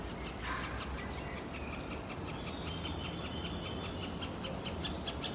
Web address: SREDNJI DETEL mladič 2022-06-02 LJUBLJANA Krajinski park Tivoli PICIFORMES Dendrocopos medius